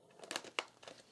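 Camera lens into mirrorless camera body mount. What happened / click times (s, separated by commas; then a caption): Handled, not yet seated: lens mount still being lined up / none. A Yongnuo 23mm F/1.4 APS-C prime lens is handled at the mount of a Sony a6700 mirrorless camera body, lined up by its index dot for a bayonet twist. Short crinkly handling taps and scrapes come through, with the sharpest contact near 0.6 s. The clip ends before the lens goes home, and nothing has seated or clicked yet.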